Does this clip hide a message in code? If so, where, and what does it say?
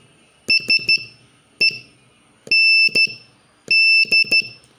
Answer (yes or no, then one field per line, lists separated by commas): yes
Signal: Morse code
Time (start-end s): 0.5-4.4 s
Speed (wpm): 12 wpm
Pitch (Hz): 2650 Hz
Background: none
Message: SEND